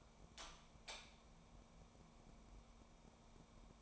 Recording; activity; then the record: daily activity, microphone in the room; light on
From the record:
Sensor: 1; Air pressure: 1000.0 hPa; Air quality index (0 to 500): 128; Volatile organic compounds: 2 ppm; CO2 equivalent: 1212 ppm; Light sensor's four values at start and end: 37/95/40/49 and 41/109/45/54